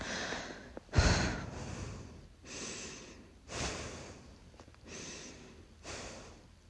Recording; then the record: deep breathing after running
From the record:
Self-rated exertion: moderate exertion (3 of 6); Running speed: 6 miles an hour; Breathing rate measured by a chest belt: 31 breaths a minute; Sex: female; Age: 18 years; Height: 167 cm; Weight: 50 kg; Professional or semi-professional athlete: no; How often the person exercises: 1 to 2 times a week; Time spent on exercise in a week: 1 to 2 hours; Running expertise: no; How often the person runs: 1 to 2 times a week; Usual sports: running, walking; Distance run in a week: 1 to 2 km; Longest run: 6 km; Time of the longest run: 34 minutes